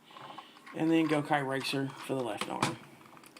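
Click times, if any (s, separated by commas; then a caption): none. Someone talks while handling the Gokai Racer, a plastic vehicle piece being fitted to the left shoulder of a DX Gokai Oh combining toy robot to form its left arm. A faint handling tap comes near 0.4 s and light plastic ticks near 3.2–3.4 s. The piece has not snapped in yet, and nothing has seated or clicked.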